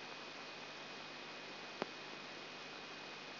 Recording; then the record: brain microelectrode recording played as sound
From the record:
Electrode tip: outside the subthalamic nucleus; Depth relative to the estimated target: -6 mm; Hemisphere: right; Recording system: AlphaMap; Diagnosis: Parkinson's disease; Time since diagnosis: 8 years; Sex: female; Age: 37 years